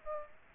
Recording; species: mosquito wingbeat signal from an infrared sensor; Aedes aegypti